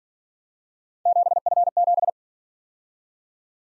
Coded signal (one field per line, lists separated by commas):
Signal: Morse code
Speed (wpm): 46 wpm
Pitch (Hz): 700 Hz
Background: none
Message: 7F7